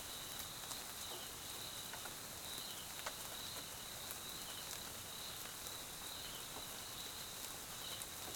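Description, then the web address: Crickets chirping in a steady high pulsing chorus, with soft pattering rain and occasional drips throughout. South African crickets recorded in the Mkhaya jungle, Swaziland, at night during rain. "GDC 2018-Game Audio Bundle Tonschliff - SOUTH AFRICAN CRICKETS BG Swaziland Mkhaya Jungle Night Rain"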